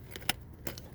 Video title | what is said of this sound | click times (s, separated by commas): Flat Tire - Tools Required (1 of 2) | push it till it clicks. | 0.3 s